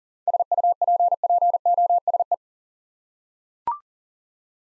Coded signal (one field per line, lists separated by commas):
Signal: Morse code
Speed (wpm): 42 wpm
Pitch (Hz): 700 Hz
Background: none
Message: SUPPOSE